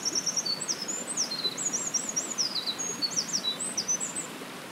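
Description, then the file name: Eurasian wren song: rapid, piercing high trills and tumbling whistled notes delivered continuously throughout over faint background hiss. "misosazai"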